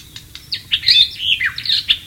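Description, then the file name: White-rumped shama song, a brief jumble of bright whistled and buzzy notes. Wild bird recorded in natural habitat. "suara burung murai batu di alam liar"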